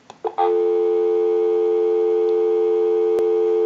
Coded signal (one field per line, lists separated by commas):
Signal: telephone call progress tone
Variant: North America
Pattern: dial tone